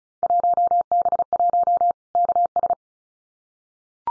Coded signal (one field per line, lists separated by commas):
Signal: Morse code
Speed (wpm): 34 wpm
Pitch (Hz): 700 Hz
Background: none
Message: 1B1 KS